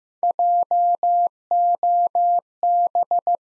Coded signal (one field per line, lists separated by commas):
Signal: Morse code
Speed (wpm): 15 wpm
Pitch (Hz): 700 Hz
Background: none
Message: JOB